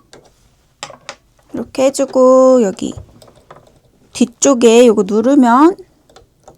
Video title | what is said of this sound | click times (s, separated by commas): 나만의 코바늘 케이스 만들기 🎀｜집에서 시작하는 자수 미싱 F580 | and it snaps right in—see? | 6.2 s